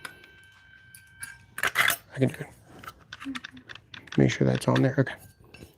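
A saw blade is handled and refitted onto its arbor after dust is cleaned out, with light metallic clinks and taps while someone talks. Nothing has seated or clicked yet.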